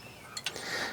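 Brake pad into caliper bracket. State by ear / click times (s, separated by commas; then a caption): seated / 0.4 s, 0.5 s. An outer rear brake pad with a steel backing plate and spring clip is pushed down into the caliper bracket grooves on a 2004–2008 Ford F-150, with the slide pins moved out of the way so they don't interfere. Two sharp metallic clicks sound at 0.4 s and 0.5 s as the pad snaps into place, the second louder. The pad is seated in the bracket.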